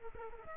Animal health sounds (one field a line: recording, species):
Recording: mosquito wingbeat signal from an infrared sensor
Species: Aedes aegypti